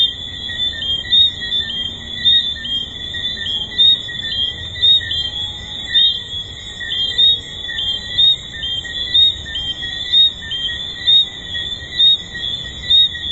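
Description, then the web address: Tree frog chorus, a continuous shrill high-pitched hum overlaid by brief louder chirps that pop up about once per second, fairly irregular. At a resort. "Hedonism II tree frogs"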